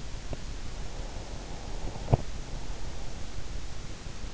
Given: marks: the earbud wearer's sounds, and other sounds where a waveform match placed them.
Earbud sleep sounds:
sounds in sleep by an in-ear microphone; breath
0.52-3.12 s: breath

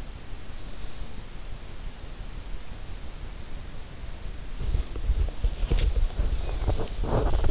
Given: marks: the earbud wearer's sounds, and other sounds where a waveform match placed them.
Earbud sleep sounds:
sounds in sleep by an in-ear microphone; body movement
4.49-7.51 s: body movement

